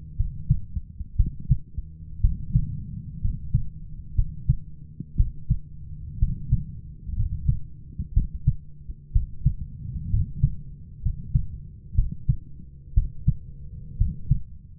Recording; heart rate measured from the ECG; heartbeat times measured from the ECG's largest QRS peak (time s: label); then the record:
heart sounds by stethoscope; 61 bpm
0.15 s: heartbeat
1.16 s: heartbeat
2.20 s: heartbeat
3.20 s: heartbeat
4.14 s: heartbeat
5.16 s: heartbeat
6.18 s: heartbeat
7.15 s: heartbeat
8.13 s: heartbeat
9.11 s: heartbeat
10.09 s: heartbeat
11.01 s: heartbeat
11.94 s: heartbeat
12.93 s: heartbeat
13.97 s: heartbeat
From the record:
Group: healthy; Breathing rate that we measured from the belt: 16 breaths a minute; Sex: male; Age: 23 years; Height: 178 cm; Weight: 96.6 kg